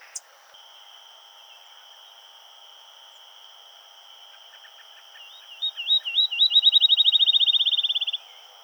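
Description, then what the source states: Field sparrow song: after a quiet stretch, slurred whistled notes begin slowly and speed up into a fast, even trill, the whole song lasting about three seconds, over a steady faint tone. Recorded on 7 July 2007.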